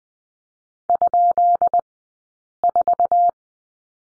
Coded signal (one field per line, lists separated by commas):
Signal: Morse code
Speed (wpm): 20 wpm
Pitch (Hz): 700 Hz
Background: none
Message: ?4